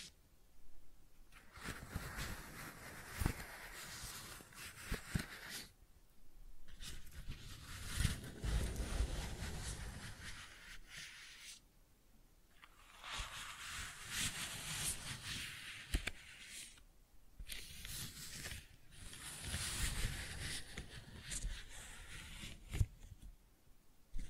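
Crinkly, rustling flower sounds come in dense bursts of scratchy, hissing texture, separated by brief silences near 6, 12, 17 and 22 seconds.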